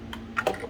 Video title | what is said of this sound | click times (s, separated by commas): 2012 Cadillac SRX4 3.6l spark plugs replacement | my throttle body wire was in the way a little bit we don't need that in our face there we go heard it click | 0.4 s